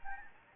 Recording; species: mosquito wingbeat signal from an infrared sensor; Anopheles gambiae